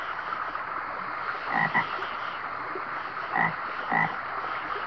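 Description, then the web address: Frog giving a few short, clipped croaks, some close together, against a soft constant hiss. "лягушки"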